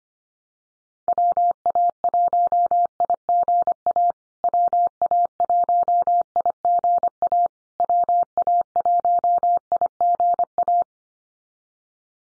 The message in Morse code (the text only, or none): WA1IGA WA1IGA WA1IGA